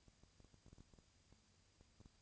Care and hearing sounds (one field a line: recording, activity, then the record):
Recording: daily activity, microphone in the room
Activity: no activity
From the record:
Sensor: 2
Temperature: 20.1 degrees Celsius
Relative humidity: 35.5%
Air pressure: 996.7 hPa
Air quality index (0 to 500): 198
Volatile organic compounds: 30 ppm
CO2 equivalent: 2959 ppm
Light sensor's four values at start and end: 2/3/2/2 and 2/3/2/2